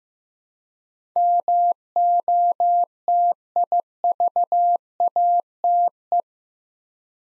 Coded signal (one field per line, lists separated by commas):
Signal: Morse code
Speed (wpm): 15 wpm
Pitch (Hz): 700 Hz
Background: none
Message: MOTIVATE